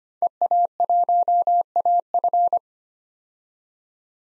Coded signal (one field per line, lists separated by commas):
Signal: Morse code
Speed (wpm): 25 wpm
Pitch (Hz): 700 Hz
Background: none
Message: EA1AF